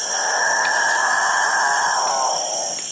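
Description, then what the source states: Capuchinbird giving a grinding, growling drawn-out note that slides lower toward the end, with a steady high hum above. Dawn chorus of displaying males in South America, gathered in treetops each morning and evening; sound likened to nervous cattle or a distant motorboat.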